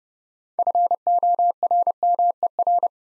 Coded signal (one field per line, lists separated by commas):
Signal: Morse code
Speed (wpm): 30 wpm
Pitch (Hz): 700 Hz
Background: none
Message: FORMER